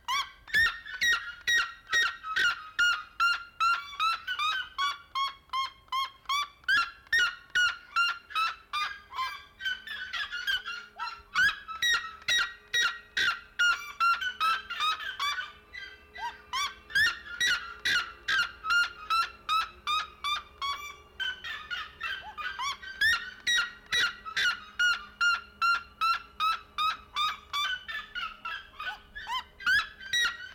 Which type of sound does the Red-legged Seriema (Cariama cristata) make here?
call